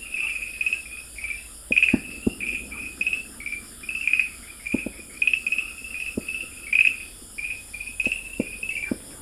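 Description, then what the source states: Farmland green tree frog calls: high chirping notes repeated in quick, uneven bursts, with sharp clicks or taps scattered through. Recorded at Dalin, 30 May 2009.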